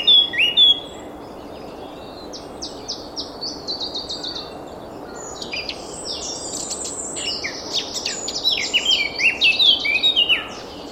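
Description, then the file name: Eurasian blackcap song: an opening note, then soft scratchy twitters that grow into a dense, loud warble over the second half. "Sylvia atricapilla"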